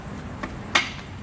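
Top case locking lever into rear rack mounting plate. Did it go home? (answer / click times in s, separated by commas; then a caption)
yes / 0.8 s. On a BMW R1250GS, the locking lever of an OBKN58B top case mount is pressed down onto the rear rack plate. A faint tap at 0.4 s is followed by a sharp, bright click at 0.8 s as the lever locks shut, and the case is seated.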